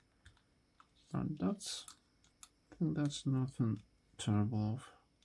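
A plastic model kit arm joint, which is a little floppy, is handled at a model figure's shoulder while someone talks. A few faint, short ticks come at about 0.3, 0.8, 2.2 and 2.4 seconds. The part has not snapped into place yet, and nothing has seated.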